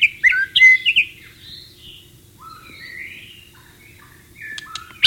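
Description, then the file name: White-rumped shama song: short loud whistled notes, then softer drawn-out whistles and a final sharp note. Wild bird recorded in natural habitat. "suara burung murai batu di alam liar"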